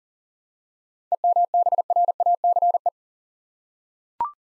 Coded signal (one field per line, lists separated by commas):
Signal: Morse code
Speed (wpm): 42 wpm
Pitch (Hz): 700 Hz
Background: none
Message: EMBRACE